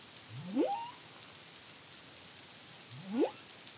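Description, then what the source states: Humpback whale song: two sharp rising upsweep whoops about two and a half seconds apart, with steady hiss between them. Caribbean, CARIMAM project, 2023.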